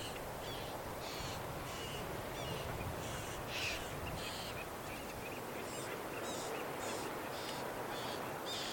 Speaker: Noisy chough up ahead. Young chough. And she's demanding food from its parents.